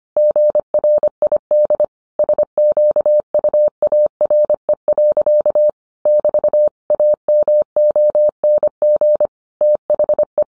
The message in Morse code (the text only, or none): GRID SQUARE. <BT> AMONG THE